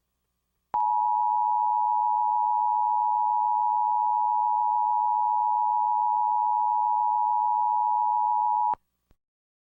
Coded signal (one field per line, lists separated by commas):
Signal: Emergency Alert System (SAME) tones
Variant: 853 and 960 Hz attention tone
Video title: EAS Mock: WINTER STORM WARNING FOR COLORADO